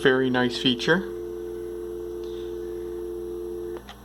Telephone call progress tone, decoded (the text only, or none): dial tone